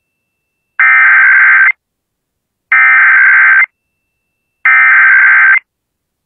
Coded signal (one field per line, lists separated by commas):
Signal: Emergency Alert System (SAME) tones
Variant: header bursts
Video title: EAS Child Abduction Emergency (AMBER Alert) Indianapolis, Indiana Statewide Alert